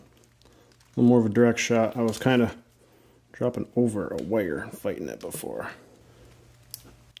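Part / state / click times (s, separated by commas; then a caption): wire terminal pin into PCM connector cavity / seated / 6.7 s, 7.2 s. A stubborn metal wire terminal pin is pushed at a more direct angle, no longer dropping over a wire, into its cavity in a plastic PCM connector while someone talks. After the talking stops, sharp clicks at 6.7 s and 7.2 s mark the pin seating home in position eight.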